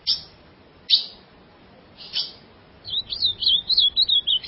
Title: Azulao